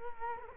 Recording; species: mosquito wingbeat signal from an infrared sensor; Culex quinquefasciatus